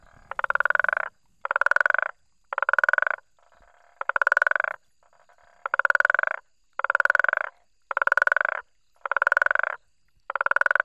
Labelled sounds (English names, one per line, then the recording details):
Guttural Toad call
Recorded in the wild
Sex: male
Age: adult
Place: Hoedspruit, Marepe Lodge, ZA
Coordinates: -24.45, 30.84
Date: 1995-01-16 23:45
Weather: 21°C, nach starkem Regen
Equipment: Sony TCD-D3, Sennheiser ME 80, K 30 AV
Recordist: Gutsche, Alexander